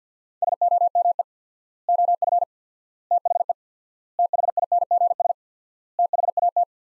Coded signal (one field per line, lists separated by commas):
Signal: Morse code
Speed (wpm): 50 wpm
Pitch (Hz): 700 Hz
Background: none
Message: SOME OF THE THINGS THAT